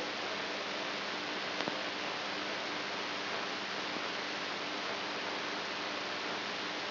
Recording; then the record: brain microelectrode recording played as sound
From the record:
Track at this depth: outside the subthalamic nucleus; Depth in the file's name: 5.909 mm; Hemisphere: right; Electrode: 2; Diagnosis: Parkinson's disease